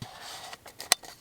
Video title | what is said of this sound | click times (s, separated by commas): Nikon 500mm f/5.6 PF Lens Field Test/Review | so once it locks in once it clicks into place it's gonna stay there click | 0.9 s